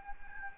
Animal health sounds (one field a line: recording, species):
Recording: mosquito wingbeat signal from an infrared sensor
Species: Anopheles gambiae